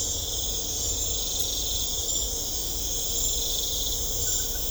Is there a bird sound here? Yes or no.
no